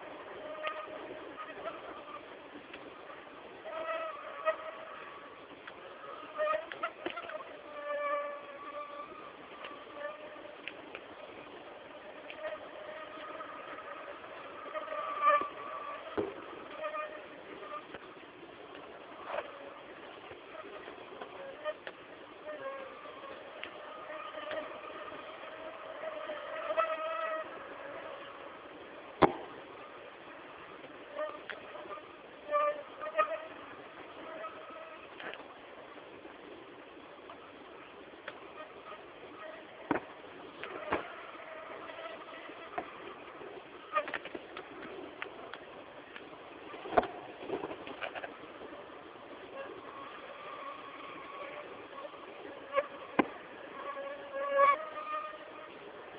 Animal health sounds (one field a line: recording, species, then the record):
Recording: mosquito flight sound by mobile phone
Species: Aedes albopictus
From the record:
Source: CDC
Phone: Samsung T209